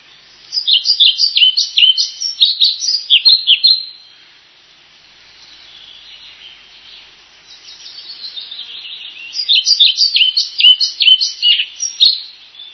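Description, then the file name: Flycatcher song: rapid bursts of high, sharp chirping notes in two long phrases, separated by a few seconds of softer, thinner twittering. "vliegenvanger"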